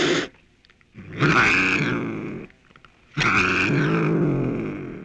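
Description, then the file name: Cougar giving harsh, raspy snarls separated by short quiet gaps. "mountain lion"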